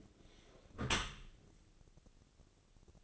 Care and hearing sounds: daily activity, microphone in the room; close dishwasher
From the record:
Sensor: 4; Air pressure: 1001.2 hPa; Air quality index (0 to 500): 179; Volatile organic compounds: 2 ppm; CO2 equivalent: 1276 ppm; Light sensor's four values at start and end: 11/26/11/11 and 11/26/10/11

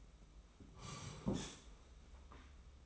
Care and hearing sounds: daily activity, microphone in the room; sit down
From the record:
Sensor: 1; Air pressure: 991.7 hPa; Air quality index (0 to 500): 155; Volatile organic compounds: 1000 ppm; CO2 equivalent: 5746 ppm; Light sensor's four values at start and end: 30/101/39/40 and 30/102/39/40

